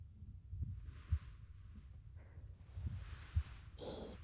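A woman's normal heartbeat heard close to the chest, offered as a sound to fall asleep to.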